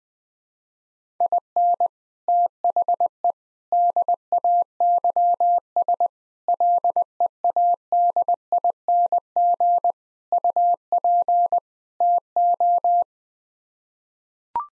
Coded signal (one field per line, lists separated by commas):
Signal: Morse code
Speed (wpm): 20 wpm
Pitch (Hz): 700 Hz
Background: none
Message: IN THE DAYS LEADING UP TO